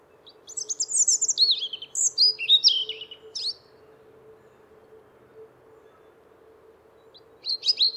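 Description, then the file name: European robin singing two short sparkling phrases of high, jumbled notes, then a pause of several seconds before another phrase begins, with a faint low hum throughout. "zaryanka"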